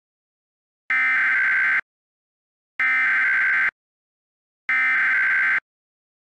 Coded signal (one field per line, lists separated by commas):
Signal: Emergency Alert System (SAME) tones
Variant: header bursts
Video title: If Driving Had EAS